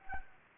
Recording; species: mosquito wingbeat signal from an infrared sensor; Anopheles gambiae